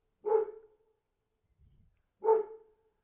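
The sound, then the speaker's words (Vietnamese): A dog barks at night, giving two separate barks about two seconds apart, each one drawn out and trailing off, with a faint low rumble in the quiet gap between them. “Con chó lạ lùng lại cứ tiếp tục sủa. Lần này từng tiếng ngắt quãng, kéo dài ra.”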